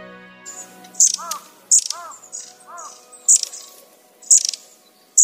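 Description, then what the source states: Long-tailed tit: short, very high thin calls in brief bursts about once a second, with lower arched notes from another sound and a faint steady tonal hum underneath. Recorded at Uchiurayama Prefectural Forest, Kamogawa, Chiba Prefecture, Japan.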